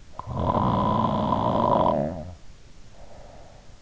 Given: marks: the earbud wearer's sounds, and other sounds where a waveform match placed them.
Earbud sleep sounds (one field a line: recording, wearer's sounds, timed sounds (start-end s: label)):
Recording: sounds in sleep by an in-ear microphone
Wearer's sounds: snoring breath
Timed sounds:
0.03-3.50 s: snoring breath